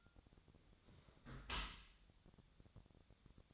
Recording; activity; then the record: daily activity, microphone in the room; close dishwasher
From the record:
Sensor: 3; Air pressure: 1006.8 hPa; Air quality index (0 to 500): 206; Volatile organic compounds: 18 ppm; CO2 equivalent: 2628 ppm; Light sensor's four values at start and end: 11/25/10/10 and 11/25/10/10